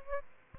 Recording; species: mosquito wingbeat signal from an infrared sensor; Aedes albopictus